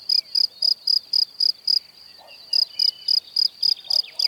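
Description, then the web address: Cricket song of regular high-pitched chirps, about four each second, halting for nearly a second midway before resuming; soft bird calls behind. "Kurs PTTK Przyroda Ptaki Świerszcze"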